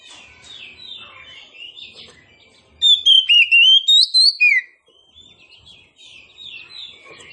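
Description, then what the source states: Oriental magpie-robin song: a short loud burst of slurred, rising whistles, surrounded by softer, twittering. Local name kacer poci; described as gacor, singing actively.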